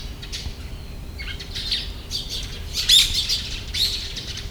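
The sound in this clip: Bird squawks, harsh, noisy bursts in short clusters, loudest near the third second, with a steady low hum beneath.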